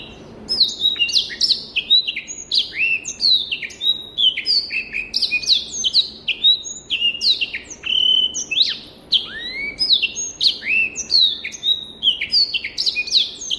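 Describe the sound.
Rüppell's warbler singing a long, continuous stream of quick, scratchy notes, many sliding sharply downward, delivered in lively uneven bursts.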